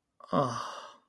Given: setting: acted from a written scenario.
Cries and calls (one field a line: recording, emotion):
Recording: vocal sound without words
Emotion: contentment